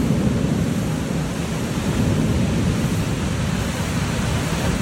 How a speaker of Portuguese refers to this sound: A chuva de lado, essa chuva tava igualzinha aqui, tava de lado.